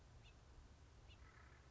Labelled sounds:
House Finch (Haemorhous mexicanus)
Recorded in Sonoma County, California

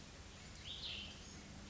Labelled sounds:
Cassin's Vireo (Vireo cassinii)
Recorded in Sonoma County, California

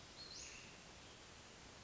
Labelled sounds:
Western Flycatcher (Empidonax difficilis)
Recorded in Sonoma County, California

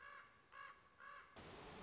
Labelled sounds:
Common Raven (Corvus corax)
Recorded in Sonoma County, California

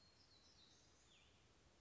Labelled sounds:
Black-throated Gray Warbler (Setophaga nigrescens)
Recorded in Sonoma County, California

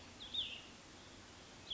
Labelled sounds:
Cassin's Vireo (Vireo cassinii)
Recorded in Sonoma County, California

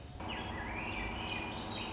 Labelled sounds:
Swainson's Thrush (Catharus ustulatus)
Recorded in Sonoma County, California

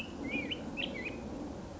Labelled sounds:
Black-headed Grosbeak (Pheucticus melanocephalus)
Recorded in Sonoma County, California

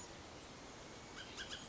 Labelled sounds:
Bullock's Oriole (Icterus bullockii)
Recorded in Sonoma County, California

